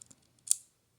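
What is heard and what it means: A hex driver bit is pushed into its magnetic slot in the handle of a small folding knife and multitool, and the magnet holds the bit in place. A few faint ticks come first, then a sharp, bright snap at 0.5 s as the bit seats and is retained.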